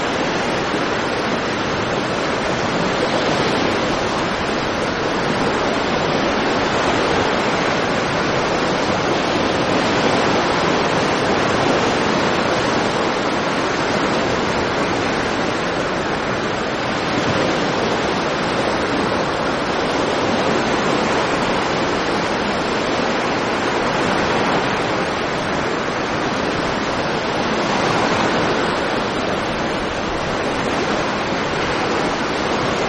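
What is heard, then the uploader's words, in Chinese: Rough lake waves churn and crash at dusk in a dense, steady roar, with faint swells every few seconds and some wind hiss. 傍晚时的羊湖波涛汹涌。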